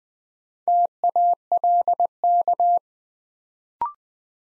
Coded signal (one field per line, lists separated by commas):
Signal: Morse code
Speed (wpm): 20 wpm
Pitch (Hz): 700 Hz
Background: none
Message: TALK